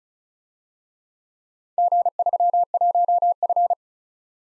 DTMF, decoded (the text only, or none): none